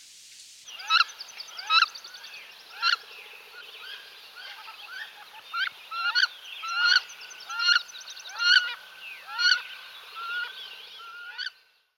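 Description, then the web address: Wood duck calling: a series of squealing, upslurred notes with softer calls in between. Recorded in the Chicago region. "Birds of the Chicago Region. Wood Duck"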